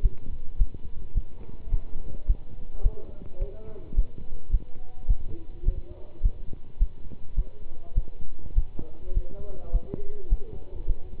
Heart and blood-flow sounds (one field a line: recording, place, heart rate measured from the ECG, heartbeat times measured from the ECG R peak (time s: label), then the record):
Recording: heart sounds by stethoscope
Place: between the tricuspid and mitral areas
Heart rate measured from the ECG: 105 bpm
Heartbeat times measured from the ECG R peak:
0.02 s: heartbeat
0.58 s: heartbeat
1.14 s: heartbeat
1.71 s: heartbeat
2.26 s: heartbeat
2.82 s: heartbeat
3.39 s: heartbeat
3.95 s: heartbeat
4.50 s: heartbeat
5.07 s: heartbeat
5.64 s: heartbeat
6.22 s: heartbeat
6.78 s: heartbeat
7.35 s: heartbeat
7.94 s: heartbeat
8.54 s: heartbeat
9.13 s: heartbeat
9.71 s: heartbeat
10.29 s: heartbeat
10.86 s: heartbeat
From the record:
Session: pedaling a stationary bicycle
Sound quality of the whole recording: good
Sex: male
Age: 27 years